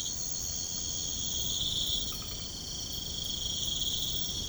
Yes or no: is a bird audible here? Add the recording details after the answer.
no. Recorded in pastures near Puerto Asís, Putumayo, Colombia, on 13 March 2025 at 04:00. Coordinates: 0.505, -76.324. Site GP08